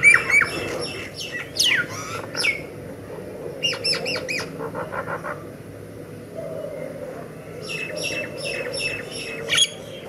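Myna chatter: varied bursts of squeaky, clicking and whistled notes in fast runs, separated by brief pauses, with a soft background murmur.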